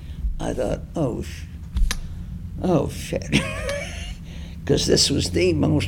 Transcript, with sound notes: I thought, Oh, sh-, oh, shit. [laughs] Because this was the most